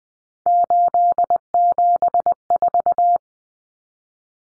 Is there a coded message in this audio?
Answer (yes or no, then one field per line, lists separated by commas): yes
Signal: Morse code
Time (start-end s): 0.5-3.2 s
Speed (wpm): 20 wpm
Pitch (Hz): 700 Hz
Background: none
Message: 874